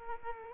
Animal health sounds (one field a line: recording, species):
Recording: mosquito wingbeat signal from an infrared sensor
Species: Culex quinquefasciatus